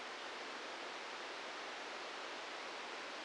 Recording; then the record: brain microelectrode recording played as sound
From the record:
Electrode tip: inside the subthalamic nucleus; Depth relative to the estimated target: 0 mm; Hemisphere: right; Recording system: NeuroSet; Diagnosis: Parkinson's disease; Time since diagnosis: 15 years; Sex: female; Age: 59 years